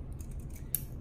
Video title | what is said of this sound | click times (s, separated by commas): How to inject yourself with Simponi | push it to the hilt you'll hear a click and the needle | 0.8 s